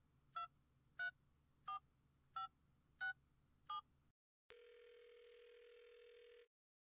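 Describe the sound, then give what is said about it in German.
Six short, evenly spaced keypad beeps from a mobile phone being dialed, over a low hum, followed after a brief pause by a steady tone lasting about two seconds. “Schnell das Handy raus. Wie war nochmal die Nummer?”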